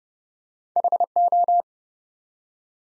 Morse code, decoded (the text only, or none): HO